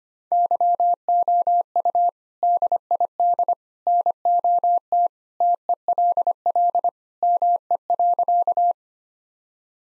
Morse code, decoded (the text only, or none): YOU DID NOT TELL ME.